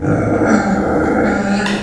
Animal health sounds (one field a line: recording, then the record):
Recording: squeal of a Yucatan mini pig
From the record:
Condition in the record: after surgery on the right vocal fold (resection and tissue-engineered implant)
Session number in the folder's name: 1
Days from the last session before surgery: 13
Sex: female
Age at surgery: 19 weeks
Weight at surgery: 25 kg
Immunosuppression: prednisolone